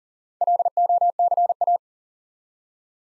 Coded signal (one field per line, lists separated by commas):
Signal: Morse code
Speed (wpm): 40 wpm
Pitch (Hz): 700 Hz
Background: none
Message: LOCA